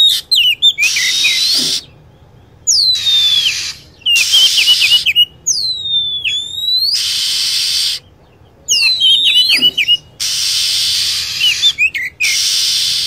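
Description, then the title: Lovebird calls: busy, shrill chirping with rising and falling whistled notes, interrupted every few seconds by short bursts of rough hissing. Lure sound used for attracting lovebirds. "PIKAT BURUNG LOVEBIRD"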